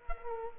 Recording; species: mosquito wingbeat signal from an infrared sensor; Culex quinquefasciatus